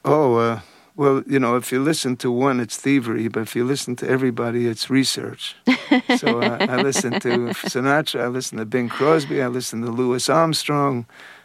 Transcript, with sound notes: well, you know, if you listen to one, it's thievery, but if you listen to everybody, it's research.
(laughs)
So I listen to Sinatra, I listen to Bing Crosby, I listen to Louis Armstrong.